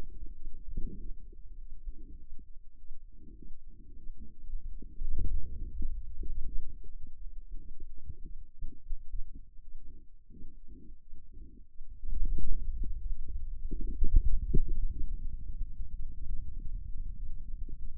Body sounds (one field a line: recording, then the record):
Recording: forearm muscle sounds (acoustic myography)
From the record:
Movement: inward rotation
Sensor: system 2, bracelet of six BSWA MPA416 microphones around the upper forearm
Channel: 3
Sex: male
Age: 22 years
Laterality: right